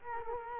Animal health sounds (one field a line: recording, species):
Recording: mosquito wingbeat signal from an infrared sensor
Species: Culex quinquefasciatus